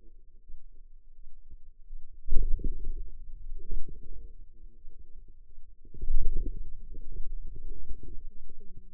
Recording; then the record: forearm muscle sounds (acoustic myography)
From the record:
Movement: wrist extension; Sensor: system 2, bracelet of six BSWA MPA416 microphones around the upper forearm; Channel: 5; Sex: female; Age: 21 years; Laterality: right